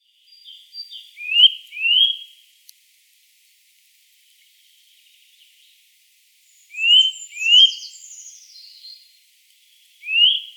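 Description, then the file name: Eurasian nuthatch calls: loud rising whistled notes given in pairs, a long quiet pause, then another pair of upslurred whistles followed by softer chatter and one more whistle. "Sitta europaea"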